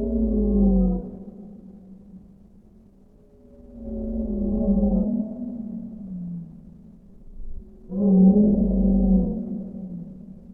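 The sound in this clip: Whale song made of three drawn-out, mournful tonal calls about four seconds apart, each with stacked harmonics and a low rumble.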